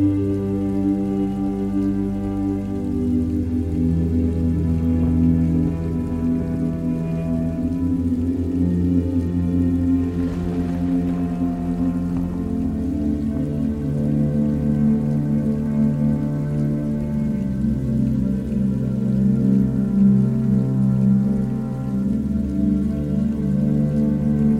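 Rain ambience with a constant level throughout, dominated by low, sustained droning tones that slide to new pitches every few seconds. A brief brighter crackle rises around the ten-second mark, while a soft patter of drops sits underneath.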